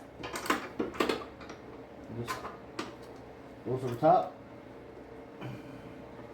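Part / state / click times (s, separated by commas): fuel line retaining clip onto fuel line fitting / not seated / none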